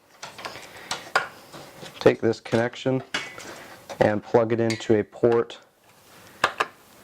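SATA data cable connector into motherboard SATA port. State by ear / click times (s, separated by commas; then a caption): not seated / none. A newer SATA data cable's plastic connector is handled near a SATA port at the bottom of a motherboard while someone talks. Brief plastic taps occur around 0.2–1.2 s and again near 6.4–6.6 s. Nothing has seated or clicked into the port yet.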